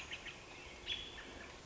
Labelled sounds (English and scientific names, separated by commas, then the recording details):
American Robin (Turdus migratorius)
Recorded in Sonoma County, California